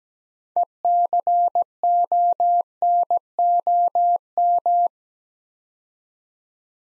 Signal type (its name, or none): Morse code